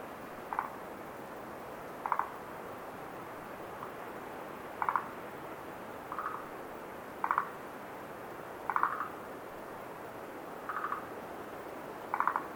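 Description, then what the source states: Frogs giving short pulsed croaks, a brief burst roughly every one to two seconds, about nine in all, over a steady windy hiss. Frogs at night at Lake Tazawa, with wind.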